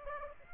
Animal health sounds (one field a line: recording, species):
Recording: mosquito wingbeat signal from an infrared sensor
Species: Aedes aegypti